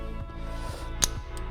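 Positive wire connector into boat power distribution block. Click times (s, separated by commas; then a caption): 1.0 s. A red positive wire connector with a hook on its bottom is pushed into the round end of a power distribution connector on a boat, and it clicks in sharply at 1.0 s, followed by a faint tick at 1.4 s over a steady tonal background. The connector is seated and locked so it can't come back out, making a positive connection.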